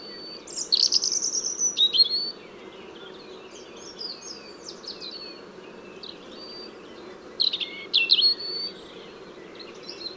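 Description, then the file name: European robin singing high, sweet warbled phrases with quick slurred notes, in two bursts separated by a quieter stretch of faint twittering, over a constant low background hum. "Erithacus rubecula"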